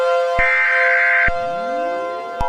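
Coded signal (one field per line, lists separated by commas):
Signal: Emergency Alert System (SAME) tones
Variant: header bursts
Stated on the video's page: Fictional EAS scenario about a volcanic event.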